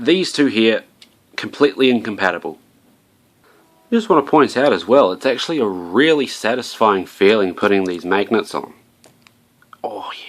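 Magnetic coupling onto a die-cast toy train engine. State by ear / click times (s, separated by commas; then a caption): seated / 9.7 s. A magnetic coupling is pressed onto a die-cast toy train engine made of metal and plastic, clicking into its mounting via the magnet mechanism. Someone talks for most of the clip, then after a pause a few small sharp ticks come at about 9.0, 9.3 and 9.6 seconds. The coupling seats with a crisp click at 9.7 seconds.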